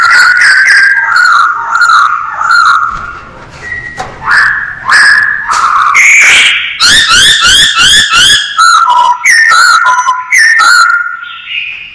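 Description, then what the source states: Masked laughingthrush singing whistled phrases that break into a fast series of harsh, buzzy chattering notes. Singing actively (gacor).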